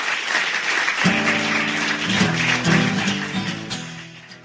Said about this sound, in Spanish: O sea que un aplauso para ellos, para vosotros, para estar aquí, para la Radio Contrabanda y todas las radios libres.